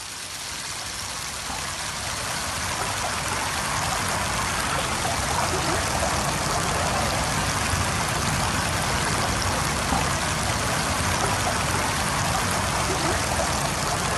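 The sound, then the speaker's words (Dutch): Reed stalks tremble and tick against one another in rising water along the Oude Maas at Barendrecht, Netherlands, a dense, steady crackling hiss that fills the whole stretch evenly, with no pauses or voices. “Nou, je ziet die rietstengeltjes voor je die trillend tegen elkaar aan tikken.”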